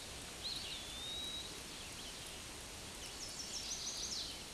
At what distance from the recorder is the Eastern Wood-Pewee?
about 70 m